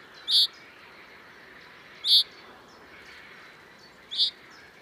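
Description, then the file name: Common chaffinch calls: short, sharp, bright notes repeated about every two seconds, three in all, over a steady soft background hiss. "Fringilla coelebs"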